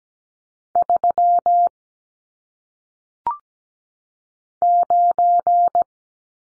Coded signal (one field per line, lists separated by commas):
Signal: Morse code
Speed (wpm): 17 wpm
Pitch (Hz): 700 Hz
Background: none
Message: 3 9